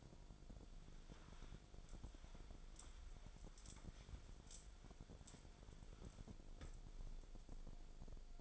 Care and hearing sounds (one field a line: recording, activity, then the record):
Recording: daily activity, microphone in the room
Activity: wipe stove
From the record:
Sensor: 5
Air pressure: 1000.6 hPa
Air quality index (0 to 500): 154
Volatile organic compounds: 2 ppm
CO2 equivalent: 1187 ppm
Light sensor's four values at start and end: 49/103/48/54 and 49/102/47/53